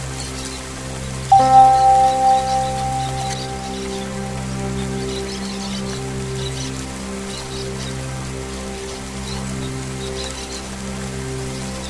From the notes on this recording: Rain Sounds blended with Tibetan Singing Bowls and Birds chirping